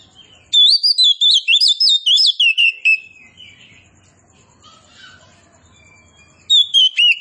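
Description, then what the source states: Oriental magpie-robin song of quick, looping whistled phrases for over two seconds, then a softer gap with faint warbles before loud whistles return. Indonesian kacer poci, described as gacor, meaning singing vigorously and continuously.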